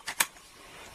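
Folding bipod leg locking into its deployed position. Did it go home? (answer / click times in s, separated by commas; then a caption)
yes / 0.2 s. A folding bipod leg on a firearm accessory is lifted up and snaps into its locked, deployed position. A softer click at 0.1 s leads into a sharp, loud click at 0.2 s, followed by quiet. The leg is locked in place.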